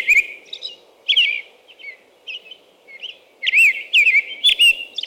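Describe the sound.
American robin singing short clear caroling phrases, each a quick rising-falling whistle, given in loose bursts with brief pauses between them.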